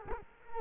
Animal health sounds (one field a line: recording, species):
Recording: mosquito wingbeat signal from an infrared sensor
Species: Culex quinquefasciatus